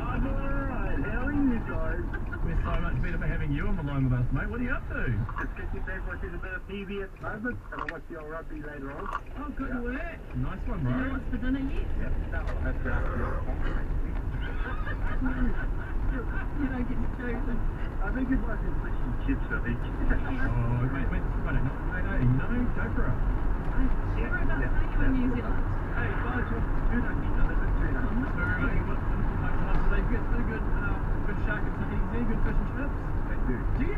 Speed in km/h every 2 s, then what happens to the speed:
43, 33, 19, 6, 11, 20, 29, 36, 41, 48, 53, 55, 58, 59, 58, 55, 52.
0-7 brakes to 6. 7-27 speeds up to 59. 27-34 slows to 52.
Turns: none.